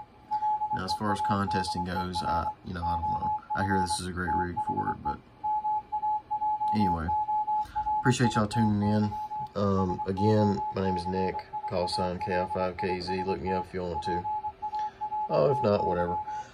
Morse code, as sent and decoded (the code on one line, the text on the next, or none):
.-.. . .- -.. . .-. / --- ..-. / - .... . / -- .- .--- --- .-. .. - -.-- / ... --- -.-. .. .- .-.. .. ... - / .--. .- .-. - -.--
LEADER OF THE MAJORITY SOCIALIST PARTY